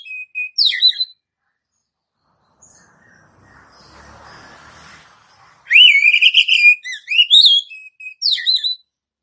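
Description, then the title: Oriental magpie-robin song, loud whistled phrases with wavering trills and sharp rising notes, with a soft rustling gap between them. "Kacer"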